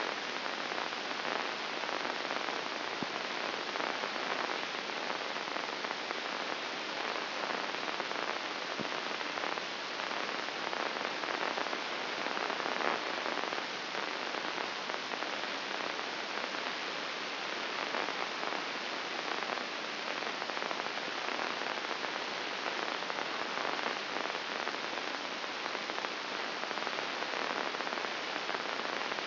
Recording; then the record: brain microelectrode recording played as sound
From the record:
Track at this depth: inside the subthalamic nucleus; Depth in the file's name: 6.061 mm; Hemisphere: left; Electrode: 2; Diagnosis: Parkinson's disease